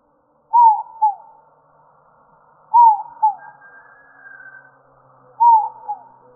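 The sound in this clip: Inca dove calling: paired, falling, hollow notes, each pair repeated every two to three seconds, with faint softer notes between.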